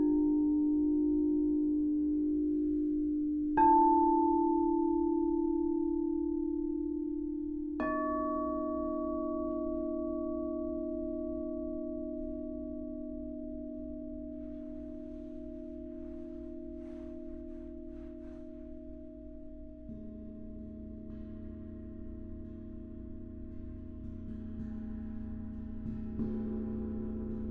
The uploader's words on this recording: Stress Relieving Sound Bath. This session utilizes various tones and frequencies.